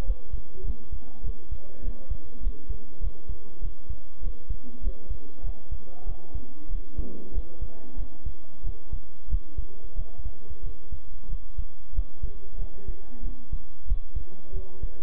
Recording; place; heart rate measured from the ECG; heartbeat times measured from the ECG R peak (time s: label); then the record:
heart sounds by stethoscope; between the tricuspid and mitral areas; 95 bpm
0.05 s: heartbeat
0.63 s: heartbeat
1.22 s: heartbeat
1.82 s: heartbeat
2.41 s: heartbeat
3.00 s: heartbeat
3.60 s: heartbeat
4.21 s: heartbeat
4.81 s: heartbeat
5.42 s: heartbeat
6.05 s: heartbeat
6.69 s: heartbeat
7.32 s: heartbeat
7.96 s: heartbeat
8.63 s: heartbeat
9.28 s: heartbeat
9.95 s: heartbeat
10.62 s: heartbeat
11.28 s: heartbeat
11.93 s: heartbeat
12.57 s: heartbeat
13.22 s: heartbeat
13.86 s: heartbeat
14.52 s: heartbeat
From the record:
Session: bicycle stress test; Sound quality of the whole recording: good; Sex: male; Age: 23 years